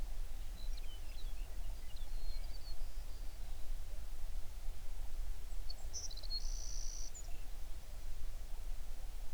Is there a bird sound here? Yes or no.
yes